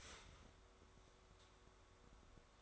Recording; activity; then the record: daily activity, microphone in the room; start toaster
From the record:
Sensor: 3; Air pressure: 1014.7 hPa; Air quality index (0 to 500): 203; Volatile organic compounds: 27 ppm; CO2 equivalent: 2900 ppm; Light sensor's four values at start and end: 4/10/3/4 and 4/10/3/4